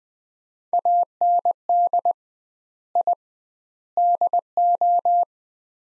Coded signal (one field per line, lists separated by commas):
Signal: Morse code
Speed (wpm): 20 wpm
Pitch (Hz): 700 Hz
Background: none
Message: AND I DO